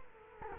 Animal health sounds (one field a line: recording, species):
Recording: mosquito wingbeat signal from an infrared sensor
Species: Culex quinquefasciatus